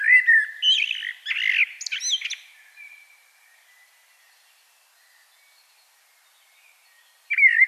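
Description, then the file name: Common blackbird song: a mellow fluted phrase sliding into a squeaky high twitter, then a long quiet pause before the next phrase starts. "Turdus merula"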